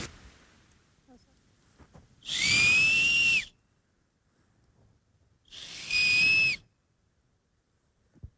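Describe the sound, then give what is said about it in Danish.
Two shrill, breathy whistles blown on a maple seed as a salute to the forest during forest bathing in Boserup Skov, each lasting about a second with a pause between, a thin high tone riding on loud airy hiss, alone without talk. “Men det lyder lidt mere fløjteagtigt end en græsstrå.”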